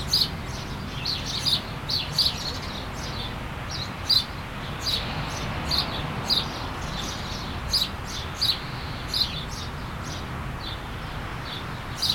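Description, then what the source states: Bird calls: high, short chirps repeated many times over a constant rushing background roar. At the coast.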